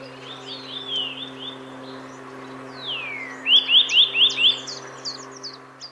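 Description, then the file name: Eurasian nuthatch giving a rapid run of five sharp high notes, with downslurred whistles before and high chips after, over a constant low hum. "Sitta europaea"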